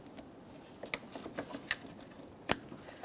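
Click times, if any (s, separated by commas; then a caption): 0.9 s, 1.7 s, 2.5 s. On the passenger side of a 2011-2021 Jeep Grand Cherokee, a headlight wiring connector is pressed up into the headlamp assembly socket. It gives sharp clicks at 0.9, 1.7 and 2.5 seconds over faint handling noise, and the connector is seated.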